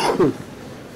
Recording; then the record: coughing mixed with background sound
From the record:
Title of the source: Coughing 77